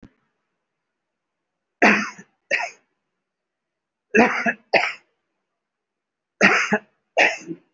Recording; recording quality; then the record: heavy voluntary cough; excellent, no background noise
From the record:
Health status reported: respiratory illness, not identified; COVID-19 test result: not tested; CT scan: not taken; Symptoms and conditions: fatigue, another respiratory illness, another condition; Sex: male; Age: 65 years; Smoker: no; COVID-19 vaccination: none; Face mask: worn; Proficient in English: no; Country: India